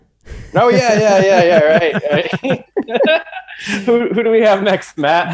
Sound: laugh